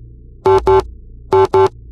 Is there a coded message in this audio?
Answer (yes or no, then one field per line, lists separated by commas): no